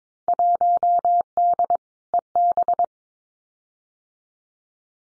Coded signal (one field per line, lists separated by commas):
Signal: Morse code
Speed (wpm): 22 wpm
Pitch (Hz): 700 Hz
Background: none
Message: 1D EB